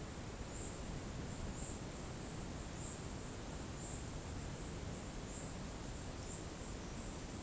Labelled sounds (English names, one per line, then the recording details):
none
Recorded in dense forest near Puerto Asís, Putumayo, Colombia, on 20 February 2024 at 13:30
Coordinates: 0.486, -76.316
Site G6437